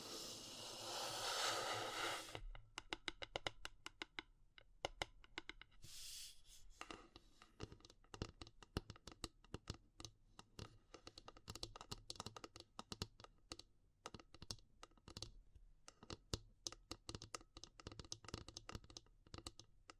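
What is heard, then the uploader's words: Wood, bamboo and straw being handled: a loud, dense rustle fills the first two seconds, then gives way to a quick, steady run of crisp taps and clicks. A short rustling burst returns near six seconds. ASMR Relaxing Natural Triggers Wood, Bamboo and Straw (No Talking).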